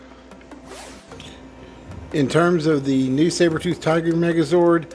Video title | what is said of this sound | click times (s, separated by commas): Dino Fury Megazord / Ryusoukger Kishiryu 5 Knights Review | but you do get this nice satisfying click to let you know it's locked in there | 1.2 s